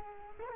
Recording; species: mosquito wingbeat signal from an infrared sensor; Culex quinquefasciatus